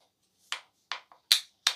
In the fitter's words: second click and it locks if you want you can keep you can go further like that but when it clicks like that